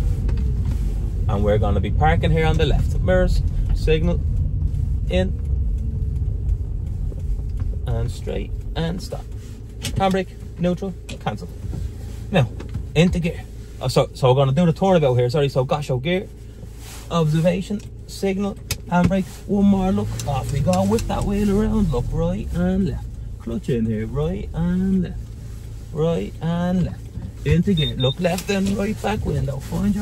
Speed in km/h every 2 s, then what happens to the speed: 21, 19, 14, 10, 1, 0, 0, 0, 0, 0, 1, 2, 2, 0, 0.
0-8 slows to 1. 8-30 standing.